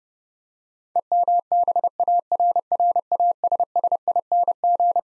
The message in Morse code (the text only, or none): EMBARRASSING